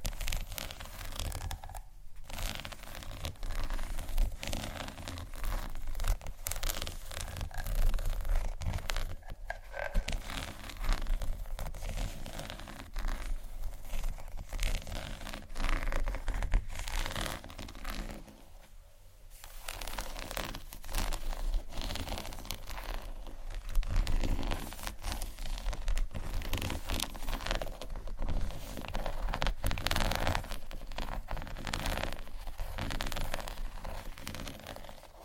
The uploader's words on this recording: ASMR For Sleep (tapping, Scratching, Scratchy Tapping) No Talking.